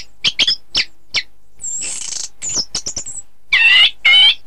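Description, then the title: Thrush song of sharp high chirps, then a harsh buzzy note, more quick chips and two loud rasping, harmonic bursts at the end. "Suara Burung Anis"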